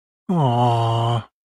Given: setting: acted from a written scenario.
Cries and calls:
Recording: vocal sound without words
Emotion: sympathy

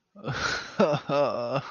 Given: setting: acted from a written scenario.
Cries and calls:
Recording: vocal sound without words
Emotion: sadness

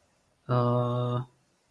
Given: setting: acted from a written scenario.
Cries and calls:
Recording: vocal sound without words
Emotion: confusion

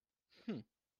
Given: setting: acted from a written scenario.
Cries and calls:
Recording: vocal sound without words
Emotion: contempt

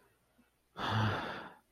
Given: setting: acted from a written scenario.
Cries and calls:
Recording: vocal sound without words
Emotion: sympathy

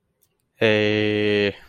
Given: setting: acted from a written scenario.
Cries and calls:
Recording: vocal sound without words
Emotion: anger

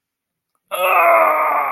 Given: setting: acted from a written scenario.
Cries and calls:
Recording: vocal sound without words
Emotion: pain

